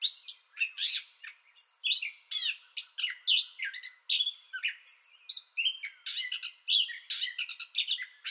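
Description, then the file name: Gray catbird song in a busy bout of scratchy, squeaky and whistled notes, pitch jumping between phrases. Song bout already in progress, 30 May 2021. "2021-05-30 Gray Catbird Song Bout Already Going"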